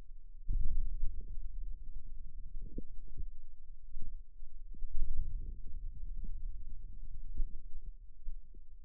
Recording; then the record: forearm muscle sounds (acoustic myography)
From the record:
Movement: wrist extension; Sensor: system 2, bracelet of six BSWA MPA416 microphones around the upper forearm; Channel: 6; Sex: male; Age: 22 years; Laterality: right